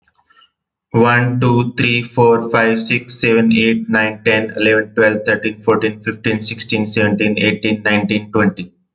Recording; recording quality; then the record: counting at a fast pace; excellent, no background noise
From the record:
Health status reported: COVID-19 positive, mild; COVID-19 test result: positive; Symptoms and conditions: cough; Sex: male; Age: 36 years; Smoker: not ticked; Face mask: not worn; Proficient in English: yes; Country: India